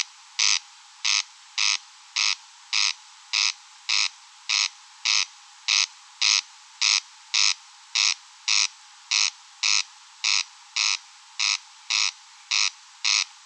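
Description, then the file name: Corn crake calling, a dry rasping note repeated steadily throughout, with no other clear sounds. Recorded at Rønbjerg Enge. "Engsnarre Roenbjerg Enge"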